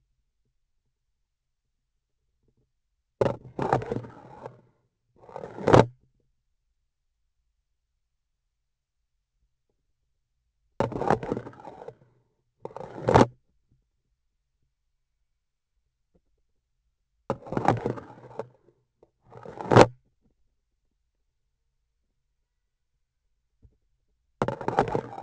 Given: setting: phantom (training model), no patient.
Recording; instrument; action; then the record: laparoscopic instrument, vibration sensor on the handle end; grasping forceps; insertion and removal through the trocar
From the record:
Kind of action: spatial motion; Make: other than Olympus